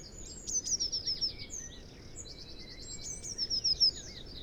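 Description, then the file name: Eurasian blue tit song: high trilled phrases that overlap other thin bird notes and twittering throughout, partly tangled together. "Cyanistes caeruleus"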